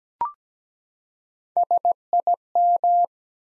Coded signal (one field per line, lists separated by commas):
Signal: Morse code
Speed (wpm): 17 wpm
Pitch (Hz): 700 Hz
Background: none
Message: SIM